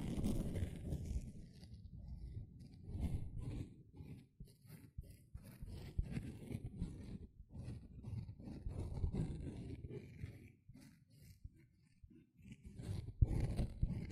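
A sponge is worked by hand in a busy run of scratching, squishing and brushing, with dense low rustling and frequent short sharp scrapes. The strokes come in uneven bursts with brief pauses, and the louder strokes cluster near the end.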